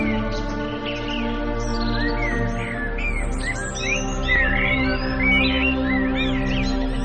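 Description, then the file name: Bird twitters and chirps build into a busy chorus of short whistled slurs, accompanied by a continuous low droning musical backing. "naturelax birds"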